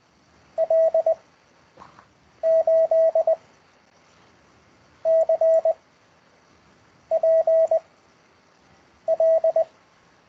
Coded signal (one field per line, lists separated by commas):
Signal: Morse code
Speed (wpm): 20 wpm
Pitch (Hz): 650 Hz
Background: none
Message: L 8 C P L